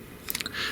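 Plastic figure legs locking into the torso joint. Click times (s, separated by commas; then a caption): 0.3 s. The plastic legs of a Transformers Legacy Cosmos action figure are moved up during transformation until they lock into the torso joint. A sharp plastic click at 0.3 s is followed by a quick run of smaller clicks, then a soft rustling hiss. The legs are firmly locked in place.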